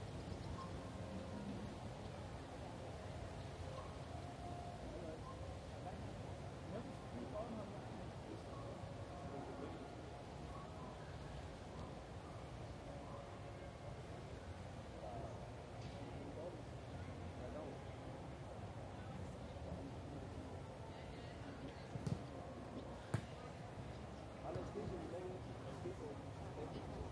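People pass by in Munich's Englischer Garten, voices murmuring steadily over a low rumble, with a few sharp knocks near 22 and 23 seconds.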